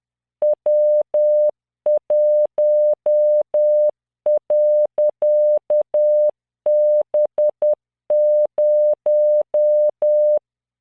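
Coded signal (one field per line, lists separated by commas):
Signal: Morse code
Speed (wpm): 10 wpm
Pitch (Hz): 600 Hz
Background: none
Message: W1.B0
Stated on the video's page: Morse practice drill at 10 WPM, 600 Hz tone, standard 3-dot spacing, random five-character groups generated by CW training software.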